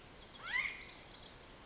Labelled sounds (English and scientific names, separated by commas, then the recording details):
Pacific Wren (Troglodytes pacificus)
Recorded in Sonoma County, California